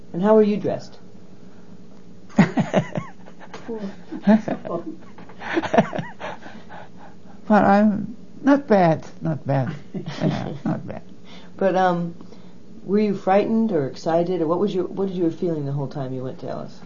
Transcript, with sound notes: And how were you dressed?
(laughs a lot) Well I - not bad, not bad. (laughs) Not bad.
But um, were you frightened or excited or what was your - what did your feeling the whole time you went to Ellis?